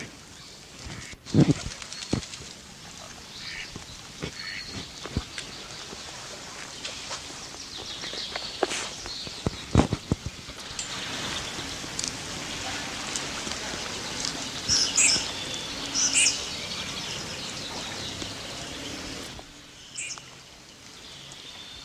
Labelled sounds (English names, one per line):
Red-crested Pochard call